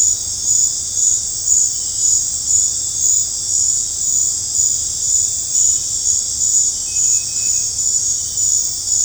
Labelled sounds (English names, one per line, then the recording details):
none
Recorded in dense forest near Puerto Asís, Putumayo, Colombia, on 26 December 2024 at 19:30
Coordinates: 0.468, -76.322
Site G071